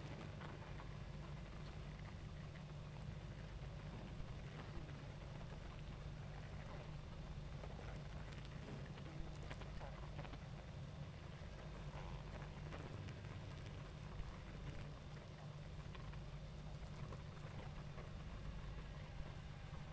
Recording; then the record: honeybee colony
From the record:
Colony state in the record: active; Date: 28 July 2017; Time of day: 20:28